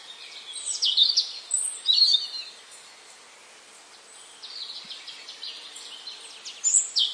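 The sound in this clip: Bird chirping: two bright clusters of high twitters near the start, a quieter stretch, then renewed rapid chirps toward the end, above constant hiss.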